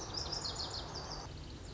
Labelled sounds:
Lazuli Bunting (Passerina amoena)
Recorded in Sonoma County, California

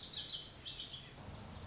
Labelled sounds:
Lazuli Bunting (Passerina amoena)
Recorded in Sonoma County, California

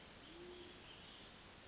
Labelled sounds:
Band-tailed Pigeon (Patagioenas fasciata)
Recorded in Sonoma County, California

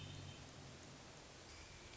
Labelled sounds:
Hermit Thrush (Catharus guttatus)
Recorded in Sonoma County, California

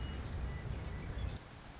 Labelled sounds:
Western Meadowlark (Sturnella neglecta)
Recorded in Sonoma County, California

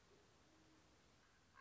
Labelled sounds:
Common Raven (Corvus corax)
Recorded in Sonoma County, California

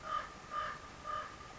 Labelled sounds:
Common Raven (Corvus corax)
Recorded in Sonoma County, California

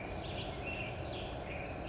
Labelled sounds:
Black-headed Grosbeak (Pheucticus melanocephalus)
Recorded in Sonoma County, California

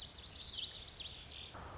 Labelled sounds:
Lazuli Bunting (Passerina amoena)
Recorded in Sonoma County, California

